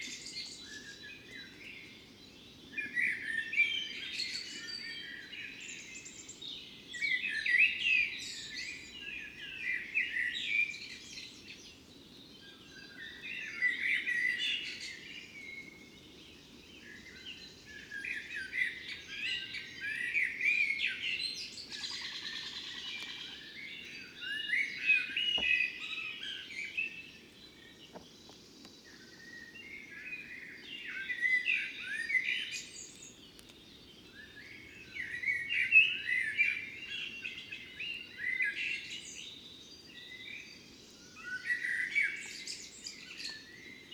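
Morning birdsong outside a fox den, with several birds chirping and trilling in bright, overlapping bursts. The calls come in clusters every few seconds, with brief lulls between them, over a steady low hum. A single sharp tick sounds around 25 seconds.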